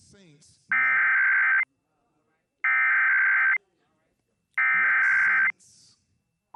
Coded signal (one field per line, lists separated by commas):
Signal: Emergency Alert System (SAME) tones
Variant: header bursts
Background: speech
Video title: Pennsylvania Emergency Alert System (EAS) Tests - 1/2022